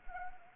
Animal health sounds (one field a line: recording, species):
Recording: mosquito wingbeat signal from an infrared sensor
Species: Anopheles gambiae